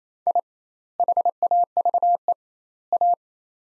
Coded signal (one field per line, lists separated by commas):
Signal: Morse code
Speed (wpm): 27 wpm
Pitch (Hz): 700 Hz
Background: none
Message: I HAVE A